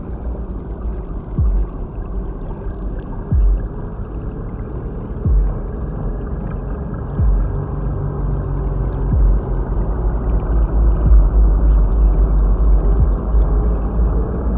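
Space station ambient: a steady, dense low hum and rumble with nothing bright above it. Soft downward-sweeping tones recur about every two seconds throughout. The rumble thickens slightly in the second half.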